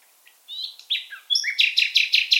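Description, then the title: Common nightingale song: quiet varied notes building into a loud, steady series of repeated notes. Nightingale described as an African migrant, singing in full voice. "LS REVISITED - NIGHTINGALE IN FULL VOICE"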